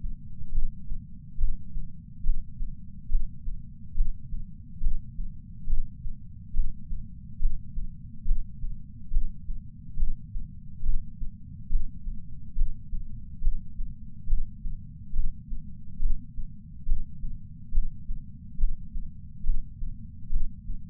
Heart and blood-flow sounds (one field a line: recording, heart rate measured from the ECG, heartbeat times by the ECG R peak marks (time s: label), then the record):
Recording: heart sounds by patch sensor on the chest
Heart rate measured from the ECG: 70 bpm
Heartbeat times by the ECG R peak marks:
0.52 s: heartbeat
1.37 s: heartbeat
2.23 s: heartbeat
3.09 s: heartbeat
3.94 s: heartbeat
4.80 s: heartbeat
5.67 s: heartbeat
6.53 s: heartbeat
7.39 s: heartbeat
8.25 s: heartbeat
9.10 s: heartbeat
9.96 s: heartbeat
10.83 s: heartbeat
11.69 s: heartbeat
12.55 s: heartbeat
13.41 s: heartbeat
14.27 s: heartbeat
15.13 s: heartbeat
15.99 s: heartbeat
16.85 s: heartbeat
17.71 s: heartbeat
18.57 s: heartbeat
19.43 s: heartbeat
20.30 s: heartbeat
From the record:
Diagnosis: coronary artery disease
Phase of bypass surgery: intraoperative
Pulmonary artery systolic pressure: 30 mmHg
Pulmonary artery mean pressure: 20 mmHg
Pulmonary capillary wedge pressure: 14 mmHg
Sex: male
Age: 62 years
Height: 165 cm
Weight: 72 kg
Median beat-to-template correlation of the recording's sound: 0.95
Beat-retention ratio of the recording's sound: 0.98